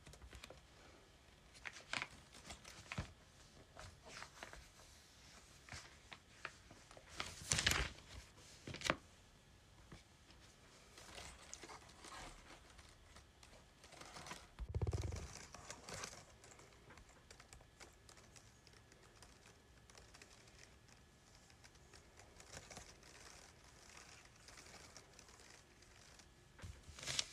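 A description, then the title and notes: Paper pages are flipped and keys are tapped. Short, crisp clicks and rustles come at an uneven pace, with louder page turns near 8 and 15 seconds, and soft taps continue between them over a faint steady hiss. Flipping Pages and Typing on Keyboard.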